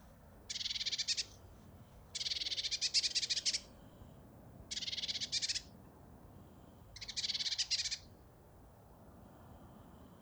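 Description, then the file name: Great tit churring calls, four dry buzzy bursts of rapid clicks, each around a second long, repeated every two to three seconds. "Parus major"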